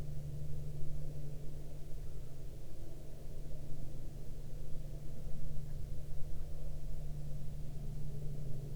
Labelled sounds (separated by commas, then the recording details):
aircraft
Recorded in the Prudhoe Bay oil fields, Alaska, on 13 May 2019 at 12:54
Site 13